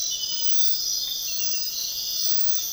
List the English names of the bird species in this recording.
none